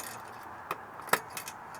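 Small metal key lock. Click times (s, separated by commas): 1.1 s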